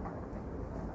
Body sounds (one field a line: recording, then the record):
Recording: background sound without coughing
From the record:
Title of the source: Train Ride Ambience ambient white noise for sleeping, focus, studying, reading